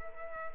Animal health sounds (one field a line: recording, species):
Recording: mosquito wingbeat signal from an infrared sensor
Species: Culex quinquefasciatus